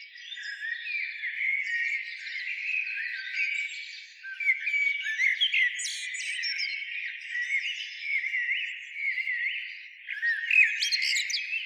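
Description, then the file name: Common blackbird song, a steady run of fluty, curling phrases and short high squeaky notes, with a few sharper high bursts toward the end. "Turdus merula"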